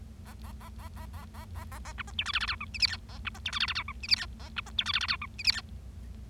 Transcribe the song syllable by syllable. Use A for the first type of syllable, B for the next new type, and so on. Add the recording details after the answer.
A A A A A A A A A A B C D E F F G H I J K A B C D E F F G H I J K A B C D E F F G H I J K. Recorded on 25 March 2012 at 09:42. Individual gy6or6